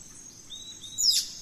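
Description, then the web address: Birds calling: thin high whistles, then a sharper, louder burst near the end, over soft background noise. Dawn chorus of birds in rainforest at Gran Sabana, Venezuela. "Birds in the Rainforest 03 Dawn Venezuela Gran Sabana"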